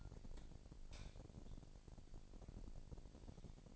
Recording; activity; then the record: daily activity, microphone in the room; light on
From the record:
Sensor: 5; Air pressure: 1012.0 hPa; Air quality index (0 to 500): 247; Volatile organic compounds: 5 ppm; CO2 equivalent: 1706 ppm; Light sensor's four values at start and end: 38/88/36/38 and 39/93/38/40